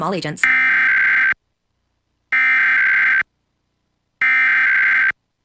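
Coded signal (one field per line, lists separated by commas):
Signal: Emergency Alert System (SAME) tones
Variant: header bursts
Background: speech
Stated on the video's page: EAS tones aired during a live sports radio show on 97.5 FM.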